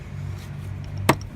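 A metal/plastic spring retaining clip on the air filter housing (air box) of a 2008–2009 Taurus / Taurus X is pushed down by hand and snaps closed during an air filter replacement. Over a steady low hum, it gives one loud, sharp click at 1.1 s, with faint ticks around 0.8 s and 1.2 s. The clip is seated and the air box is shut.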